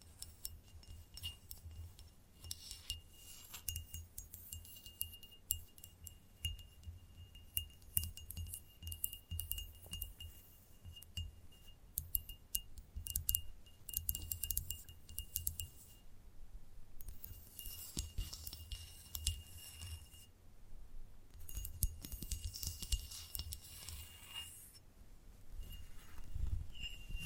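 Gentle tapping runs throughout in quick, irregular bursts of light, glassy clinks, with a faint thin ringing tone lingering through much of it. Brighter, denser flurries come around 16 to 20 and 22 to 25 seconds, over a steady low hum.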